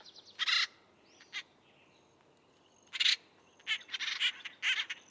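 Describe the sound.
Bird uttering loud rasping squawks in short bursts, with thin, high whistled notes and a soft slurred call in the quieter stretches.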